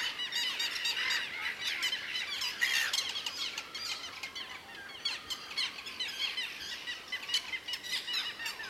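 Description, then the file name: Little gull calls, rapid squawking and chattering notes from several birds overlapping in a busy, uneven stream, slightly quieter toward the middle. "Dmitry Kulakov - Malaya chajka Hydrocoloeus minutus"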